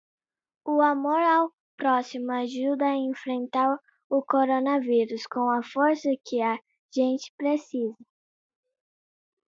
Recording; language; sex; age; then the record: spoken sentence; Brazilian Portuguese; male; 20 to 29 years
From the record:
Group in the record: control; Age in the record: 20 years